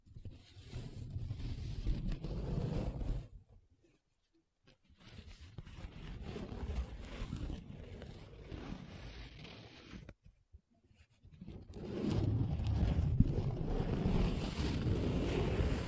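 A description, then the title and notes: Dry rubbing and scratching of paper comes in three bursts, roughly 0–3 seconds, 5–10 seconds and 12–16 seconds, separated by near-silent pauses. The strokes are dense and grainy, full-bodied and low with a papery hiss above. The last burst is the loudest. ASMR 7 Different Paper Sounds Tracing, Scratching, Rubbing (No Talking).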